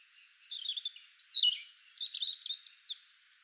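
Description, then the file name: European robin giving one continuous high phrase of fast, tinkling, wavering notes that rise and fall for about three seconds. "Erithacus rubecula"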